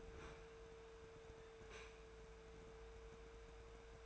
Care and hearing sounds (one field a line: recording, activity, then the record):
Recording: daily activity, microphone in the room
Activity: open fridge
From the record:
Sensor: 2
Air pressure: 1014.8 hPa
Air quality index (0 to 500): 195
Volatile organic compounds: 17 ppm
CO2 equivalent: 2582 ppm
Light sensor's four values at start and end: 27/65/28/31 and 27/65/28/31